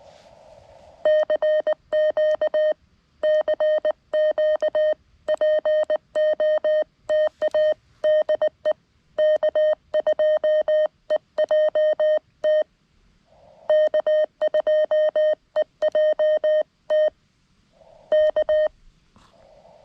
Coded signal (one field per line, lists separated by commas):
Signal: Morse code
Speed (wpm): 19 wpm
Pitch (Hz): 1850 Hz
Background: none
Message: CQ CQ POTA DE K2EJT K2EJT K